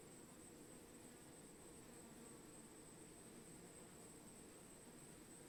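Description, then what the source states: Buzzing of bees in a swarm, a uniform low hum with no breaks throughout, accompanied by a constant faint high hiss. Bees recorded while swarming.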